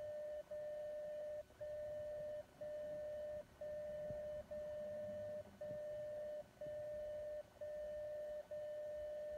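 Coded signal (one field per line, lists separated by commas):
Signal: radio time signal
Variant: DCF77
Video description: Display accurate time and date from the atomic clock at PTB in Braunschweig, transmitted from Frankfurt by DCF77 on 77.5kHz.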